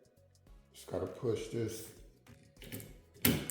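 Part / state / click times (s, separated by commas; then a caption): windshield wiper blade onto J-hook wiper arm / seated / 3.2 s. A plastic wiper blade adapter on a Rain-X Beam windshield wiper is pushed onto the J-hook of a metal wiper arm, by hand and with no tools, while someone talks. A sharp click sounds at 3.3 seconds as the adapter locks onto the hook arm, confirming the blade is seated.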